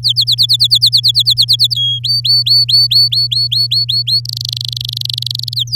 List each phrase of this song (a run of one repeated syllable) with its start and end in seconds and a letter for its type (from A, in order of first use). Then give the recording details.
0.03-1.74 A, 1.75-1.99 B, 2.04-4.20 C, 4.25-5.54 D, 5.56-5.75 E. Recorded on 11 May 2018 at 05:49. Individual llb16